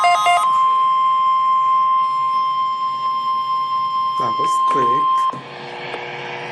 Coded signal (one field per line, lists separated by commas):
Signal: Emergency Alert System (SAME) tones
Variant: 1050 Hz attention tone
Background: speech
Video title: Eas 7 required weekly test